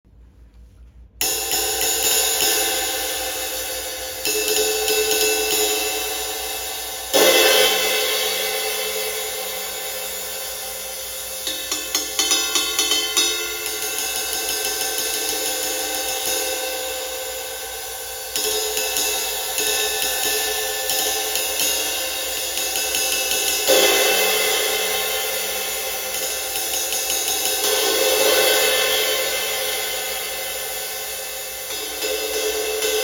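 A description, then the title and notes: A crash ride cymbal is struck after a second of silence, then hit again every few seconds, each stroke blooming into a bright, shimmering wash that slowly fades. Lighter repeated taps ride over the sustained ring between the bigger crashes. Cymbal and Gong Mersey Beat crash ride. This is a 20” Mersey Beat crash ride by Cymbal and Gong. It has three rivets.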